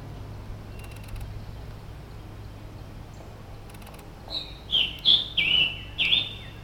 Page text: Maryland Biodiversity - View Thumbnails - User: 13008-Scarlet Tanager ( Piranga olivacea ). Scarlet Tanager by David via iNaturalist